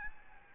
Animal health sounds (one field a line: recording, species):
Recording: mosquito wingbeat signal from an infrared sensor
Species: Aedes albopictus